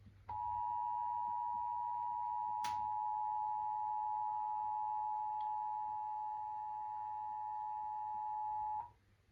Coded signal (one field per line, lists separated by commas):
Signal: Emergency Alert System (SAME) tones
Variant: 853 and 960 Hz attention tone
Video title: [EAS #1846-#1861] Day 2 of Required Monthly Test Week